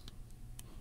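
A plastic stylus is being handled and pushed back toward its slot in the body of a Moto G Stylus 2021 / Moto G Stylus 5G smartphone, giving faint, brief ticks around 0.1 s and 0.6 s over a low background hum. Nothing has seated or clicked into place yet.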